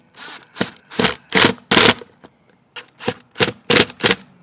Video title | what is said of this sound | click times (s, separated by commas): Aquor Retractable Hose Reel 80ft - Installation and Quick Review | right, these screws are stripping out pretty bad using the drill, so I'm just going to use a 10mm socket. | 1.0 s, 1.1 s, 3.4 s, 3.7 s, 4.1 s